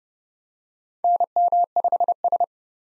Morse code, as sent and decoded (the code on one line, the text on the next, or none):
-. -- ..... ...
NM5S